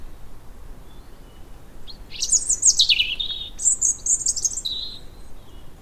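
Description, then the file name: European robin singing a high, fast phrase of trilled notes after a quiet start. "Erithacus rubecula"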